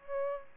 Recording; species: mosquito wingbeat signal from an infrared sensor; Aedes aegypti